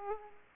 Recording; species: mosquito wingbeat signal from an infrared sensor; Aedes aegypti